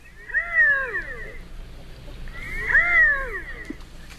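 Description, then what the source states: Redhead uttering two wavering, cat-like meows, each swelling upward before dropping away, separated by a short pause over a low hum. Medium-sized diver of lakes and ponds, feeding mostly on plants; breeds in northwestern U.S. and Canada, winters across most of the U.S.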